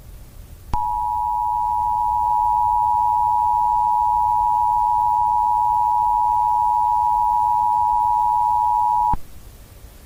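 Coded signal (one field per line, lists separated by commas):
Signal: Emergency Alert System (SAME) tones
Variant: 853 and 960 Hz attention tone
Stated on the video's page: Fictional simulated nuclear war EAS scenario, not a real alert.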